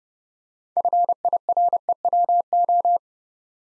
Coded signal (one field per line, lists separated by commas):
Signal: Morse code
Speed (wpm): 30 wpm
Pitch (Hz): 700 Hz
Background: none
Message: FIREWO